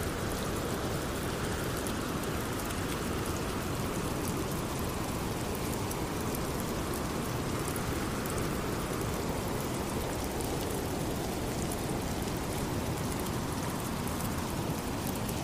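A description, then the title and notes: Steady, dense rain hisses evenly throughout, with a deep low rumble of wind underneath and slow gentle swells in the higher patter. Rain Sounds With Wind Blowing White Noise.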